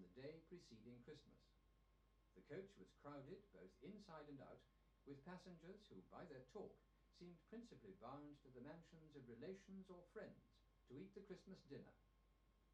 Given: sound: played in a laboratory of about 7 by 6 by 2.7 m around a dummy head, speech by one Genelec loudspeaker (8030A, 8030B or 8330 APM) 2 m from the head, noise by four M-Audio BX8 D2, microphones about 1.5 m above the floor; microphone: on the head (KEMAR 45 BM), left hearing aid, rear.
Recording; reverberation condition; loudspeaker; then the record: male speech in English; low; 90 degrees to the right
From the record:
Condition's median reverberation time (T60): about 310 ms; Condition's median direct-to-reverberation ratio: about 3.5 dB